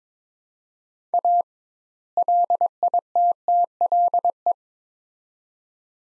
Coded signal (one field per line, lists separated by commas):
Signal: Morse code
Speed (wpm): 22 wpm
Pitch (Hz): 700 Hz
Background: none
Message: A LITTLE